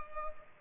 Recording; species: mosquito wingbeat signal from an infrared sensor; Culex pipiens